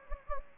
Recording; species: mosquito wingbeat signal from an infrared sensor; Anopheles gambiae